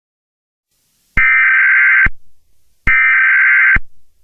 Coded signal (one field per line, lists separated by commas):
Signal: Emergency Alert System (SAME) tones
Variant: header bursts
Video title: EAS Scenario #6: The Hazbin Hotel Disaster